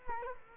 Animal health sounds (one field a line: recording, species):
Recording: mosquito wingbeat signal from an infrared sensor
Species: Culex quinquefasciatus